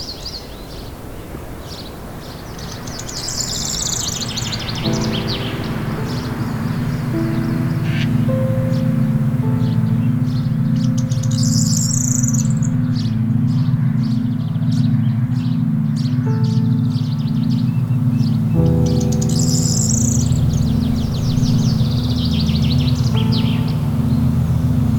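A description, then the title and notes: Nature sounds with piano: birds chirp and tweet in quick bright bursts throughout, over a soft steady noise bed. Around five seconds low sustained piano notes enter and hold, pulsing gently, with a chord change near eighteen seconds, then continuing steadily to the end. Relaxing Nature Sounds with Piano.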